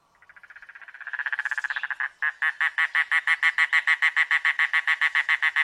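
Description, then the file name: Mangrove Cuckoo song: soft, quickening nasal notes grow into a loud rattling series, pause, then continue as regular, slightly slower guttural croaks. "canto do papa lagarta do mangue"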